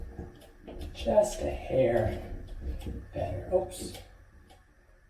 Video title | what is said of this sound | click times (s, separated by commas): Installing Electrical Outlets for Costco Moen 5-Series Bidets | The bottom one is not latching. | none